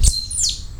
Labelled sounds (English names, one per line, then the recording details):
Stitchbird song
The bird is a male
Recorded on Tiritiri Matangi Island, New Zealand, in 2005
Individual 21, of nest box 30